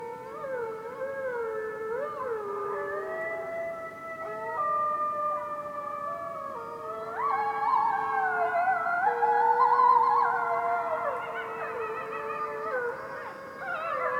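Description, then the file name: Wolf chorus of many overlapping howls, some sliding up and down, others held steady, swelling in intensity from about seven to eleven seconds before easing off, then rising again at the very end. Distant wolves howling in a winter forest on a dark moonlit night, North Laurentian Woods, Canada. "WINTER Forest night dark moon with distant wolves howls, North Laurentian Woods, Canada"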